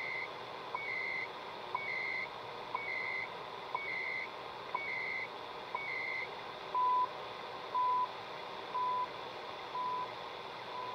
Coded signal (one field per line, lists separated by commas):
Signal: radio time signal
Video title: CHU Canada 3330 MHz on Sony TR-1300